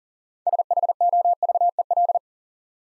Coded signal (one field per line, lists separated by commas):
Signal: Morse code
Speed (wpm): 44 wpm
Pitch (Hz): 700 Hz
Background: none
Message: SHOVEL